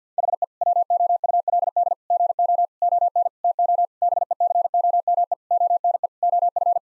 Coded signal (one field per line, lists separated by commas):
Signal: Morse code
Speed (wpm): 50 wpm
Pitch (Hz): 700 Hz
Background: none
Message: HE WOULD GO ON TO BECOME ONE OF